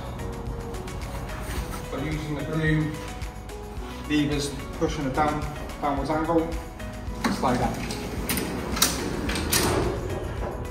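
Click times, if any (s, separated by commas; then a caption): 8.8 s. On a lighting tower mast, a solar panel is angled downward with a blue lever while someone talks over music. Its lock clicks into place at 8.8 seconds, with sharp knocks around 8.3 and 9.3 seconds, and the panel is then firmly in position.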